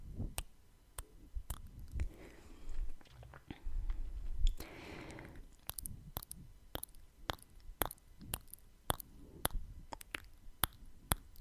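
ASMR mouth sounds: sharp tongue clicks and smacks land in quick, fairly regular bursts, roughly two per second throughout. Wet, squishy chewing-like textures sit underneath, and a soft breathy swell rises around the four-to-five second mark.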